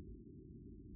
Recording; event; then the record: neck accelerometer signal played as sound; no cough (speech, laughter, throat clearing or background)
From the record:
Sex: female